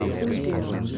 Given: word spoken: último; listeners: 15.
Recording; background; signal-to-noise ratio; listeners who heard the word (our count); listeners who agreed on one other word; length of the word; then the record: one Spanish word in noise, from a listening test; eight-talker babble; -0.9 dB; 0 of 15; 8 of 15; 0.58 s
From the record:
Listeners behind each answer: 8, 2, 1, 1, 1, 1, 1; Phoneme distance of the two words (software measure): 7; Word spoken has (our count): 3 syllables, 6 phonemes, stress on syllable 1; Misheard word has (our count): 3 syllables, 7 phonemes, stress on syllable 1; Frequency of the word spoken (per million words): 288.97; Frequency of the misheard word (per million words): 214.27